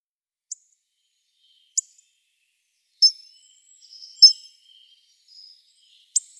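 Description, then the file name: Hawfinch calls, a few abrupt high 'tzik' ticks spaced a second or more apart, with brief thin whistles between them and otherwise silence. "Kernbeisser Coccothraustes coccothraustes"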